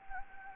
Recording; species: mosquito wingbeat signal from an infrared sensor; Anopheles gambiae